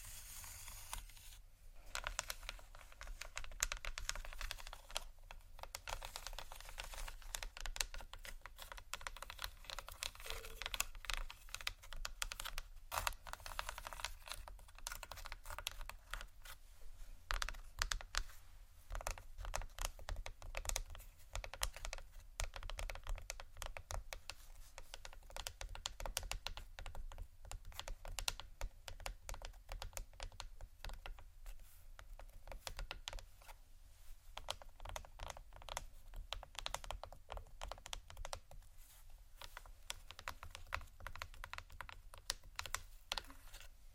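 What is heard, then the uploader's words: Plastic and glass pieces rattle and tap in a dense, continuous clatter for the whole clip, like rapid typing on a keyboard. Sharp clicks crowd together with scratching between them, and a steady low rumble runs underneath throughout. Plastic, glass, rattle, tapping, scratching, waves.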